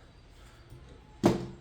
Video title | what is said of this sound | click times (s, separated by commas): Rear Wiper Blade Change - Wiper Upgrade- Scorpio-N. | till it clicks, and then second click, | 1.3 s